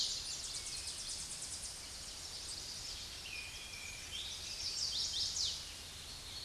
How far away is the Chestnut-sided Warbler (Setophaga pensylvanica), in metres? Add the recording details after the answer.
about 20 m. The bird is about 5 m above the microphone. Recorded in a Pennsylvania forest on 16 May 2024 at 07:17. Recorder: AudioMoth, point MSD-2443. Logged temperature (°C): 16.4 °C. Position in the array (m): 168 m, 209 m